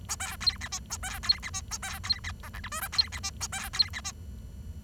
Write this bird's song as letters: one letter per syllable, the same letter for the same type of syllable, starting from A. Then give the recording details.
A B C D E A B C D E A B C D F G H I J C D E A B C D E. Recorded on 23 June 2012 at 11:03. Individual gr41rd51